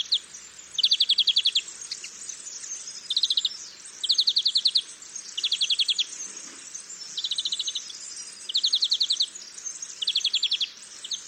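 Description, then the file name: European greenfinch repeating quick buzzy twittering trill bursts every one to two seconds, with a constant faint high hiss behind. "Chloris chloris"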